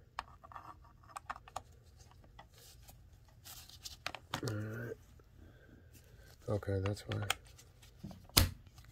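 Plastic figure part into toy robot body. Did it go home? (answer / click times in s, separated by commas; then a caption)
yes / 8.4 s. Someone talks while handling a black Sentinel Riobot Getter Robo toy robot figure, with small plastic taps and scratches. A plastic part is pushed into its socket on the robot body and seats with one sharp, loud click at 8.4 s.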